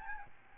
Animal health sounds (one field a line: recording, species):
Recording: mosquito wingbeat signal from an infrared sensor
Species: Aedes albopictus